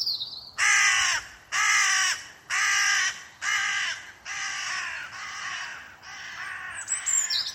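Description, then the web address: Bird: harsh, hoarse crow-like cawing calls repeated roughly once a second, several in a row. "Deverinetal 2025 File origin Bird Only"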